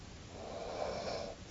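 In a sleeping adult, recorded with a phone app, a soft, rough breathing noise lasts about a second, then ends in a brief, louder snort-like sound. This is light snoring: quiet and steady, with no gasping or pauses in breathing in this short stretch, and it is considered fine, not concerning.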